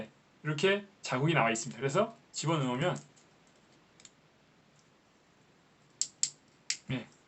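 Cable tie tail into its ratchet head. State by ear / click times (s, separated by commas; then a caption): seated / 6.0 s, 6.2 s, 6.7 s. Someone talks, then the plastic tail of a reusable cable tie is pushed into its head and catches on the ratchet teeth. Sharp clicks sound at 6.0 s, 6.2 s and 6.7 s as the tail seats.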